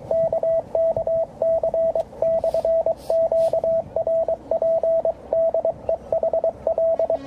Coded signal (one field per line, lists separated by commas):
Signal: Morse code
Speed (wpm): 23 wpm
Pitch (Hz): 660 Hz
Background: radio noise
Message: KKC/QRP DE HL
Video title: QRP ,bicycle (물금~부산 250km), 국토종주.